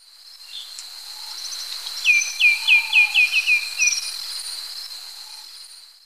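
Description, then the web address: White-winged becard: an even series of roughly eight soft whistles, each sliding down, heard over a steady high-pitched insect drone. Ecuador. "Natures Songs S America Birds of Ecuador White-winged Becard"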